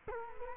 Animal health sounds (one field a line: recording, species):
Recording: mosquito wingbeat signal from an infrared sensor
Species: Culex quinquefasciatus